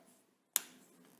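A snap-on cap is pulled off a Diplomat Magnum resin fountain pen in Burned Red, releasing from the barrel with one sharp click at 0.6 s. The cap is held on by a snap fit, and the click is a brief bright burst over near silence before a soft tail fades away.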